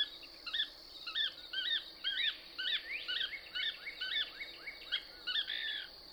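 Couch's Kingbird giving a fast, unbroken string of short high chirps and downslurred notes, about two per second, over hissy background noise.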